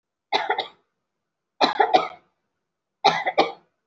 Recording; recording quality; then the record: shallow voluntary cough; excellent, no background noise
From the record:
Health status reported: respiratory illness, not identified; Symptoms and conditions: breathing difficulty, fatigue, asthma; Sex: female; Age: 39 years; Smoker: no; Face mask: worn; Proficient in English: no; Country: India